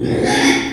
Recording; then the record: squeal of a Yucatan mini pig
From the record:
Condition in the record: after surgery on the right vocal fold (resection and tissue-engineered implant); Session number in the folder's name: 3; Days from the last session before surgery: 33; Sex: male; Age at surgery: 12 weeks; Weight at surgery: 13 kg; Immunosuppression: cyclosporine, prednisolone